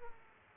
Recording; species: mosquito wingbeat signal from an infrared sensor; Aedes aegypti